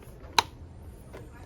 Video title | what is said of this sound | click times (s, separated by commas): Changing Engine Air Filter for VW Beetle A5 2012-2019 | so you hear a solid click | 0.4 s